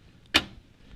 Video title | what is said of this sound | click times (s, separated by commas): How to install Option Cards for the AC690 Series Variable Speed Drive | on the right hand side they simply snap into place | 0.4 s